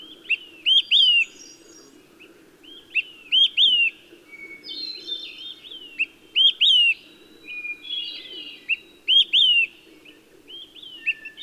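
Olive-sided flycatcher repeating its ringing whistled phrase, a quick note and two slurred whistles, every few seconds, mixed with other high chirps and a soft low drone.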